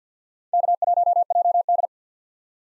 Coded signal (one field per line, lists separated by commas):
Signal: Morse code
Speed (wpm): 45 wpm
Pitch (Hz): 700 Hz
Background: none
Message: K1JD